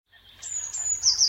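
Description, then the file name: Eurasian blue tit giving thin, very high notes that slide downward, building to a brighter, louder pair near the end, over faint low background hum. "Cyanistes caeruleus"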